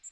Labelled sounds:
Magnolia Warbler flight call

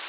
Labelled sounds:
Nashville Warbler flight call

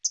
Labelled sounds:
Hooded Warbler flight call

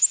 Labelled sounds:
Prothonotary Warbler flight call

